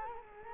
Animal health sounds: mosquito wingbeat signal from an infrared sensor; Culex quinquefasciatus

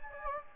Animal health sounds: mosquito wingbeat signal from an infrared sensor; Anopheles gambiae

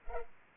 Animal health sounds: mosquito wingbeat signal from an infrared sensor; Culex pipiens

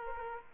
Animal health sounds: mosquito wingbeat signal from an infrared sensor; Aedes aegypti

